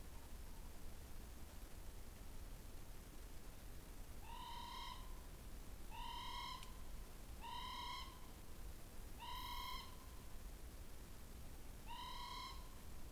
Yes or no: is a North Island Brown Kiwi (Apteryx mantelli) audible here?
no